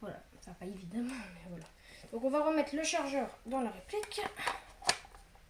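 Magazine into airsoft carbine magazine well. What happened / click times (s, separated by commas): The magazine is being handled and has not yet locked into its well / none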